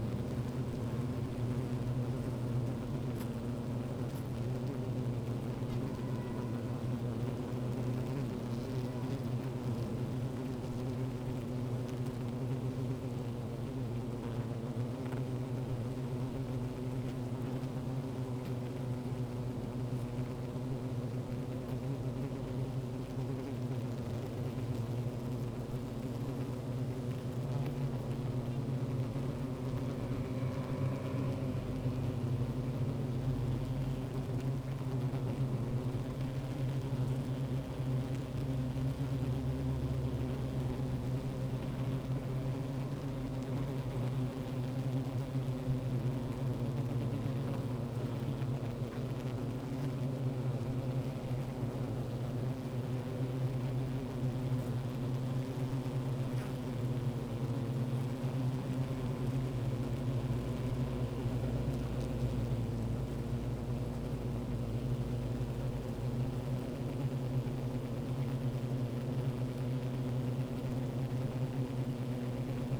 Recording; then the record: honeybee colony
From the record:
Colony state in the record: active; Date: 28 July 2017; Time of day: 15:13